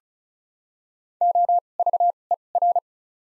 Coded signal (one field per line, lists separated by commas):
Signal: Morse code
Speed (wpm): 34 wpm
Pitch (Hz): 700 Hz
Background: none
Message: O V E R